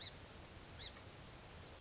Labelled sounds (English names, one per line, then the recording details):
Song Sparrow
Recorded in Sonoma County, California